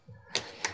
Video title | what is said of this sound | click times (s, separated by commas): Dell Inspiron N4010 Laptop Screen Replacement Procedure | If you hear the snaps, that's a good sign. | 0.4 s, 0.6 s